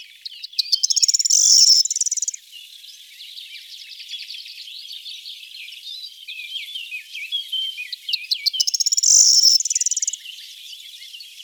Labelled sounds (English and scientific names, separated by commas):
Corn Bunting (Emberiza calandra) song